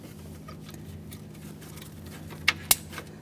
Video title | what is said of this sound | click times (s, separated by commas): How to Replace AC Condenser Cooling Fan Assembly 1994-1997 Honda Accord 2.2L L4 | I heard a nice click from that we'll give it a tug that feels good | 2.5 s, 2.7 s